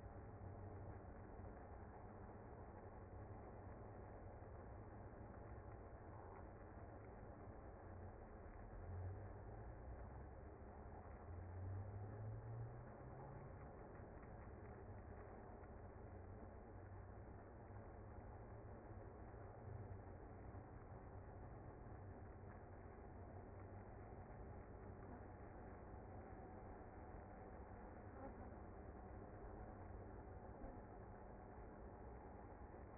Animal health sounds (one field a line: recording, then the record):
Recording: honeybee colony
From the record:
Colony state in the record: active